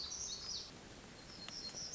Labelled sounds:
Black-throated Gray Warbler (Setophaga nigrescens)
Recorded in Sonoma County, California

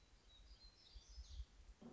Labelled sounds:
Black-throated Gray Warbler (Setophaga nigrescens)
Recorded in Sonoma County, California

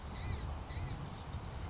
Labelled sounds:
Blue-gray Gnatcatcher (Polioptila caerulea)
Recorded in Sonoma County, California

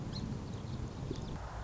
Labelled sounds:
Song Sparrow (Melospiza melodia)
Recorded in Sonoma County, California

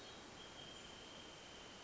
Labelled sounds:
Wrentit (Chamaea fasciata)
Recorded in Sonoma County, California

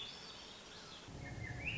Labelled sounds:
Swainson's Thrush (Catharus ustulatus)
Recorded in Sonoma County, California

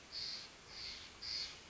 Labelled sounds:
Steller's Jay (Cyanocitta stelleri)
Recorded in Sonoma County, California

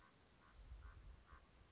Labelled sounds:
Common Raven (Corvus corax)
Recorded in Sonoma County, California

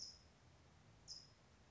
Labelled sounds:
California Towhee (Melozone crissalis)
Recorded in Sonoma County, California

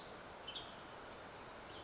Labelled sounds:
Western Tanager (Piranga ludoviciana)
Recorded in Sonoma County, California

